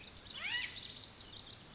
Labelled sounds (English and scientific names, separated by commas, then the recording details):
Pacific Wren (Troglodytes pacificus)
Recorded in Sonoma County, California